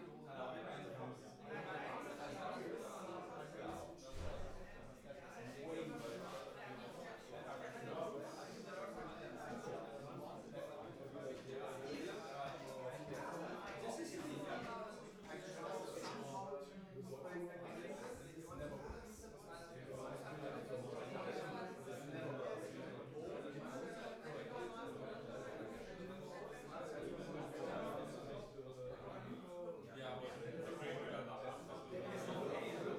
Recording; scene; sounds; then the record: everyday scene through a hearing-aid microphone; many people talking; many voices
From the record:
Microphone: behind the ear, right, front